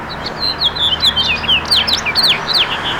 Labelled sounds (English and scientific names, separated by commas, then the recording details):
House Finch (Haemorhous mexicanus) song
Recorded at East Hampton on Long Island, New York, on 15 June 2013
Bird A